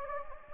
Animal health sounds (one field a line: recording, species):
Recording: mosquito wingbeat signal from an infrared sensor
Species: Anopheles gambiae